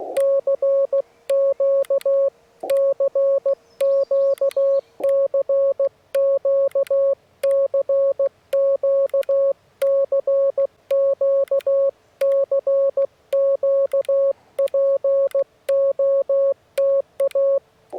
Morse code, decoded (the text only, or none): CQ CQ CQ CQ CQ CQ POTA